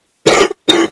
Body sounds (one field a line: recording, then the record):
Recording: coughing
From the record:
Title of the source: 60 coughing still (deep and wet cough)